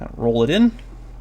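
A cleaned steel cylinder is being rolled back through the open loading gate into the frame of a Heritage Arms Rough Rider single-action revolver, with the hammer set at half and a chamber lined up with the barrel. Someone talks briefly from about 0.2 to 0.7 s, then only a low, steady background hum remains. The cylinder has not yet snapped into place, and nothing has seated or clicked.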